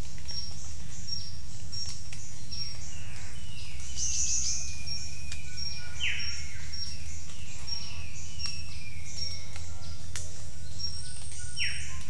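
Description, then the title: Bird calls, sharp descending notes and whistles among a dense chorus of other birds and insects, with a steady low rumble throughout. Jungle at Mungku Baru, Central Kalimantan, Indonesia. "丛林中的鸟叫_黑色喜p-印度尼西亚中加里曼丹省Mungku Baru"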